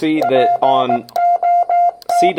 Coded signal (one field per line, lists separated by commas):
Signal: Morse code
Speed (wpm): 18 wpm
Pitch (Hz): 700 Hz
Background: speech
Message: POT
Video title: Two #POTA activations using R1CBU on Xiegu X6100 and MFJ-1898 #hamRadio